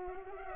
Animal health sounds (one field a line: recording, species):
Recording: mosquito wingbeat signal from an infrared sensor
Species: Culex pipiens